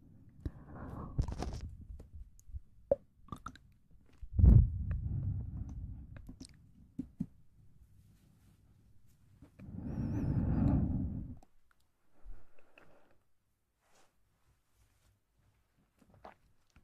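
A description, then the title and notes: Muffled mouth sounds pressed against the ear come in slow, irregular bursts: a soft smacking patch at the start, a heavy thump near four seconds that fades out, and a longer wet rustle around ten seconds. Faint clicks dot the near-silent ending. Ear Eating.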